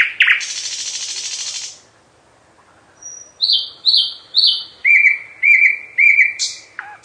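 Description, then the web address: Nightingale song opening with a long buzzy rattle, falling silent, then a series of high slurred whistles followed by lower repeated notes. "Physics is fun. slowik"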